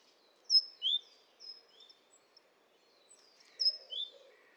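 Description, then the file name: Great tit calling with bright high whistled notes dropping to lower slurred ones, a pair near the start and another near the end, with softer chirps between. "Parus major"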